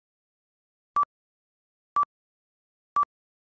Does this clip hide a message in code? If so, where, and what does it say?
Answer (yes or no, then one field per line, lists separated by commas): no